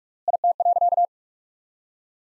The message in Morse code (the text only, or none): IT.